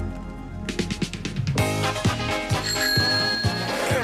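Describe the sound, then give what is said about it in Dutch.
A short radio jingle with steady rhythmic beats and bright melodic tones, topped by a high, ringing little bell chime; no one speaks over it. “Wat een mooie jingle ook. Dat belletje is ook best aardig, want je doet alles op de fiets volgens mij.”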